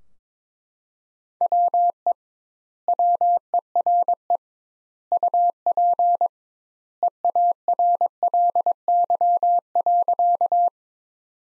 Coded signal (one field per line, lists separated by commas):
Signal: Morse code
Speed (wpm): 22 wpm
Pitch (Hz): 700 Hz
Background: none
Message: WE WERE UP EARLY.